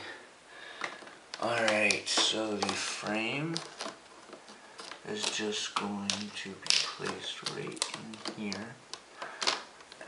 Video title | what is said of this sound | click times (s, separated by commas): How to Replace a Screen on a Dell Inspiron 1545 | it just snaps on there we go | 9.4 s, 9.5 s